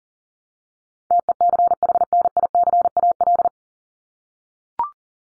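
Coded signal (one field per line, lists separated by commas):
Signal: Morse code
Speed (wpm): 40 wpm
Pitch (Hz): 700 Hz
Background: none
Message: TECHNICAL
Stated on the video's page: Morse word drill at 40 wpm for head-copy practice, each word sent, spoken, then sent again.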